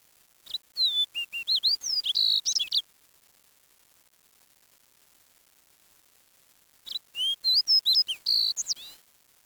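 Bird calls: two bursts of quick, high whistled chirps, some rising and some falling, separated by about four seconds of quiet.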